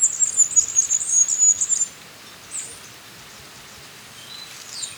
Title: Myiothlypis Nigrocristata